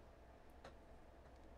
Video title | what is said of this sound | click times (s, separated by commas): AUGUST FAVES & FAILS: Boxycharm Makeup, Skincare & $400 Blow Dryer?!? | gotta hear the click but i don't even know how it came off but | 0.7 s